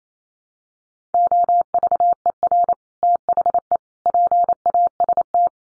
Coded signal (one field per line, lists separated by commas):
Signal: Morse code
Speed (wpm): 28 wpm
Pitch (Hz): 700 Hz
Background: none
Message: OVER THE PAST